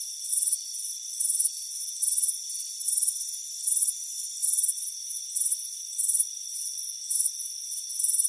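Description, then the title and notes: High cricket chirps arrive in short trilled bursts at a steady pace, layered on a constant shrill background hum. Crickets chirping on a warm afternoon on a front porch. "Soothing Crickets Chirping Sound. It's a warm afternoon as you relax in a hammock on the front porch. Relax and fall asleep to the soothing sound of chirping crickets. Deep Sleep Sounds"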